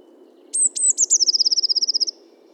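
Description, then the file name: Eurasian blue tit: a few sharp high-pitched notes leading into a rapid, evenly spaced trill that drifts slightly lower, over faint low background noise. "Cyanistes caeruleus 311018"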